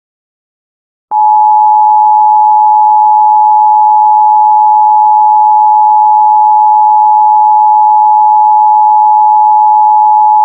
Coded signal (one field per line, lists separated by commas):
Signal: Emergency Alert System (SAME) tones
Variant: 853 and 960 Hz attention tone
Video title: Miami Emergency Alert System: Turkey Point Meltdown